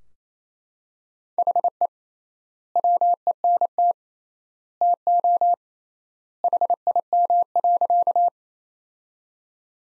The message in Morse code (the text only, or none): HE WENT TO HIM.